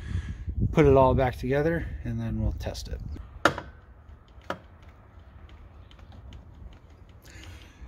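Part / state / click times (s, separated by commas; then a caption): fuse relocation kit holder or connector into the truck wiring harness / seated / 3.5 s. A man talks while he pushes the plastic fuse holder or connector from a fuse 27 relocation kit home into the wiring harness of a 2012 Ford F150 Raptor, then gives it a few tugs to test it. It seats with a sharp click at 3.5 s, followed by a quieter tick at about 4.5 s and faint handling noise.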